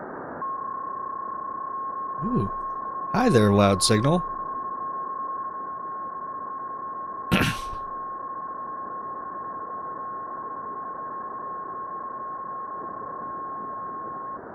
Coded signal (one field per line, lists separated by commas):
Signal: PSK31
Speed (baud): 31.25 baud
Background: speech, radio noise